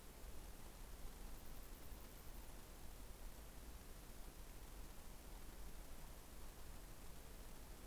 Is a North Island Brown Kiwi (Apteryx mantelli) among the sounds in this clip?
no